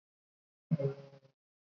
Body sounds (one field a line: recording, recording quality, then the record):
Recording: sustained vowel as in boot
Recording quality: poor, much background noise or distortion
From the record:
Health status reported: recovered from COVID-19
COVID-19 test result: negative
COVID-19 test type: RT-PCR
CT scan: not taken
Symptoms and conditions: cough, fever, fatigue, muscle pain, asthma, hypertension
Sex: male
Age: 40 years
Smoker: yes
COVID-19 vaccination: both doses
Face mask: worn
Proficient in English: yes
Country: India